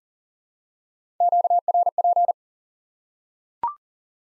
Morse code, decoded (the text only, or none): QRP